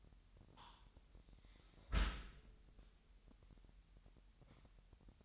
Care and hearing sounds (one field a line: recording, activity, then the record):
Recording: daily activity, microphone in the room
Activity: close dishwasher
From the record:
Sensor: 3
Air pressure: 998.2 hPa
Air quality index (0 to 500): 150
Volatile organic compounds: 5 ppm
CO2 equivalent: 1796 ppm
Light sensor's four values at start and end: 13/39/15/14 and 13/39/15/14